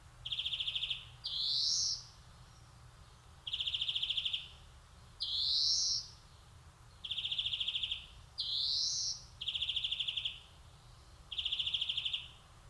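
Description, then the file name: European greenfinch mostly alternating harsh pulsed buzzes with nasal upslurred wheezes, ending with two buzzes in a row, over about twelve seconds. "Chloris chloris"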